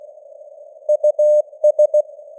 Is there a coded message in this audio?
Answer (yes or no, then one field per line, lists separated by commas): yes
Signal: Morse code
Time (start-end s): 0.9-2.0 s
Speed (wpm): 16 wpm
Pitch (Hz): 600 Hz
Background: none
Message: US